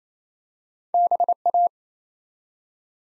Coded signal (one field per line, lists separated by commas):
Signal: Morse code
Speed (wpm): 27 wpm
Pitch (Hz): 700 Hz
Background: none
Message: BA